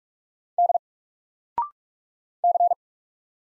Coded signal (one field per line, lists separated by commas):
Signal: Morse code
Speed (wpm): 48 wpm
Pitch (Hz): 700 Hz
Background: none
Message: D C